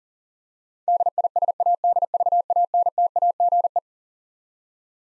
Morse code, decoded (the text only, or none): DISADVANTAGE